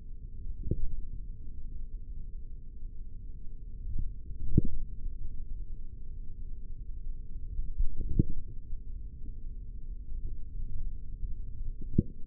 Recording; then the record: forearm muscle sounds (acoustic myography)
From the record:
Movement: index flexion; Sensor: system 3, bracelet of six PUI Audio POM-2738L microphones around the upper forearm, with dedicated amplification and filtering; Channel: 3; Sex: male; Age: 43 years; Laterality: right